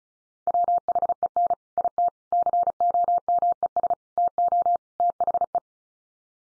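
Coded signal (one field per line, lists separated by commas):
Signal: Morse code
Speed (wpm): 34 wpm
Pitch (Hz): 700 Hz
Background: none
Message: WHEN IT COMES TO THE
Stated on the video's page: Practice drill at 35wpm: five-word groups from common 5-grams, each sent in Morse, spoken, then sent again for head-copy.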